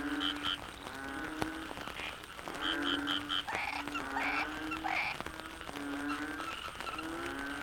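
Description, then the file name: Frog chorus of mixed croaks and short bright notes over a steady background hum. Frogs in the Cherating wetlands, Malaysia; wetland soundscape. "yamaha frogs cherating wetlands"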